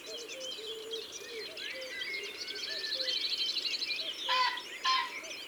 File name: Faisan de Colchide ABC des chants doiseaux